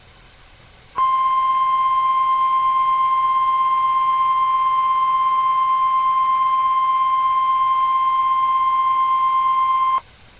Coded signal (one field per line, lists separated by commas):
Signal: Emergency Alert System (SAME) tones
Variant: 1050 Hz attention tone